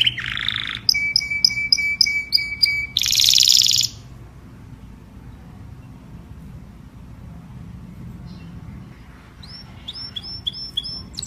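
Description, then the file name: Domestic canary song in short bursts: a harsh buzz, a run of repeated chirps, and a loud rasping trill, then quiet before a few more chirps. "Tieng chim hoang yen hot"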